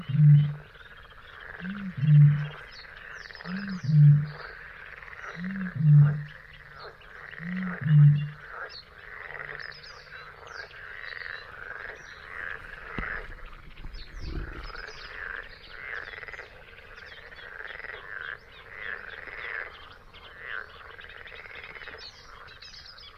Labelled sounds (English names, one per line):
Great Bittern